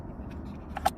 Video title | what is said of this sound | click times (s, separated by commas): 2020 Ford Explorer Cabin Air Filter Location Replacement | grab the bottom of it here, pull up to hear it click, then you can pull it out this way. | 0.8 s, 0.9 s